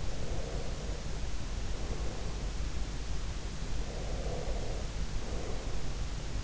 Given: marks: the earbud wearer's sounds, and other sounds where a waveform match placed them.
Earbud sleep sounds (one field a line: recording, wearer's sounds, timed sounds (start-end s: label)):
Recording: sounds in sleep by an in-ear microphone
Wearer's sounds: breath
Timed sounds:
0.00-2.60 s: breath
3.73-5.71 s: breath